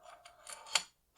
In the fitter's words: now it's engaged.